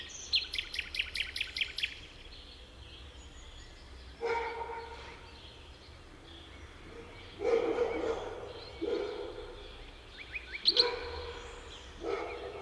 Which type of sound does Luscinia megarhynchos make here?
song